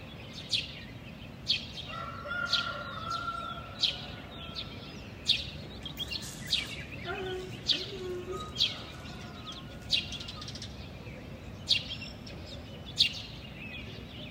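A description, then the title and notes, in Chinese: Birds call one after another over a steady low rumble of background noise. Sharp, bright chirps repeat roughly every second or so through the whole clip, while a few softer, lower warbling notes drift in around the middle. 这段声音来自于4月23日的早晨。Kidd发来大理清晨的声音。都是用简单的设备录制而成，没有经过太多修饰。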